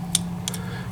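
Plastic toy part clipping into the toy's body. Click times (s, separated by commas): 0.2 s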